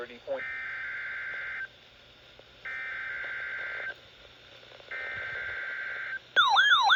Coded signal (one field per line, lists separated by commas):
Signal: Emergency Alert System (SAME) tones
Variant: header bursts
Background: speech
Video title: KXI42 Required Weekly Test. 3/5/26 EAS #551